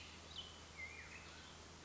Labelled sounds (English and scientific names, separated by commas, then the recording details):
Black-headed Grosbeak (Pheucticus melanocephalus)
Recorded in Sonoma County, California